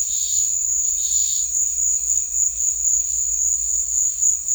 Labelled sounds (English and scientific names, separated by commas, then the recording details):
none
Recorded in secondary vegetation near Puerto Asís, Putumayo, Colombia, on 8 March 2025 at 15:30
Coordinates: 0.499, -76.323
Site G094